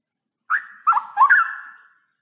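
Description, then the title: Straw-headed bulbul song: one loud, rich phrase of warbled, gurgling whistles that dip and rise, fading out after about a second and a half. Male bird, singing often (gacor) with a loud voice and long rolling trills; recording used as masteran, audio to train other birds. "GILEEE Cucak ROWO Jantan GACOR Suara Lantang ROoo EL Panjang"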